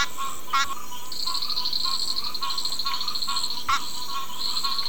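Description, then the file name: Bibron's ridged frog calling in pulsed bursts with high and lower tones over steady background hiss. "Ptychadena bibroni"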